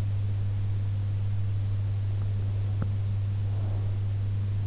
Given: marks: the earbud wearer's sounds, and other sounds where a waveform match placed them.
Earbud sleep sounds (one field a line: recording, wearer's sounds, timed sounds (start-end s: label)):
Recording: sounds in sleep by an in-ear microphone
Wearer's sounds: breath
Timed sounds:
3.36-4.01 s: breath